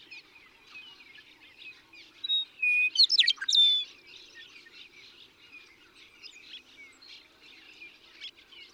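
Western meadowlark song midway: clear whistles and a quick gurgle, set against a busy background of chirping birds.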